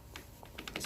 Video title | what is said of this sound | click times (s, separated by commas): 2005 Chevy Cobalt coolant Leak Check | snaps right in | 0.8 s